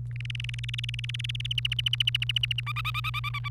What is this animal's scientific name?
Serinus canaria